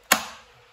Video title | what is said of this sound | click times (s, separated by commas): Make Meat Last A Year By Vacuum Sealing | the second lock is where it locks the bag into place and you know you're locked into place cuz the LEDs come on | 0.1 s